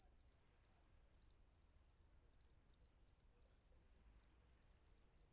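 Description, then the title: Cricket chirping in regular high trills, roughly three chirps each second, each a short buzzy burst, against a quiet night background. Night ambience at Vagia on Patmos, Greece; recorded with a Fostex FR-2 and MKH800 microphone. "Patmos, Vagia, Griechenland - Nachtsimmung 03, Grillen"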